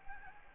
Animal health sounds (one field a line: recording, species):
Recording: mosquito wingbeat signal from an infrared sensor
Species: Anopheles gambiae